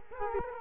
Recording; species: mosquito wingbeat signal from an infrared sensor; Culex quinquefasciatus